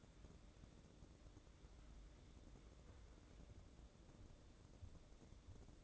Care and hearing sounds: daily activity, microphone in the room; wipe stove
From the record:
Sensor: 3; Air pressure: 1012.3 hPa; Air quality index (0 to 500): 178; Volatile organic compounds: 3 ppm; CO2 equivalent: 1364 ppm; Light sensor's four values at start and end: 565/1405/580/593 and 568/1411/582/596

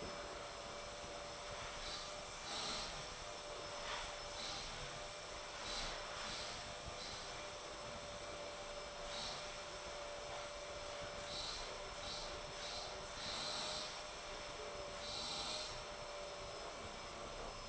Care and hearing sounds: daily activity, microphone in the room; vacuum cleaning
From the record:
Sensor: 5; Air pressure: 1000.2 hPa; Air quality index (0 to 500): 118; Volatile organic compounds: 1 ppm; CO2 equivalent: 939 ppm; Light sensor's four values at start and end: 152/357/153/166 and 152/358/154/167

